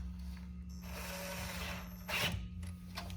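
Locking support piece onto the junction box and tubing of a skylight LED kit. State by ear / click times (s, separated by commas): seated / 3.0 s, 3.1 s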